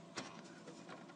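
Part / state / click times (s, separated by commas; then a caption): graphics card into motherboard PCIe slot / not seated / none. A graphics card is lined up over a motherboard PCIe expansion slot and pushed down toward it. Only faint handling noise is heard, with a brief broadband rustle near 0.2 s and softer scrapes after it. Nothing has seated or clicked yet.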